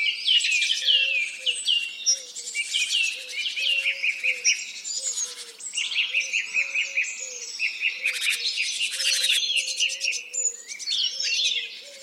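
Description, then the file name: Bird chorus of busy twittering and whistled phrases, overlapping throughout, while a low soft note repeats steadily below the singing. "zvuki peniia ptits"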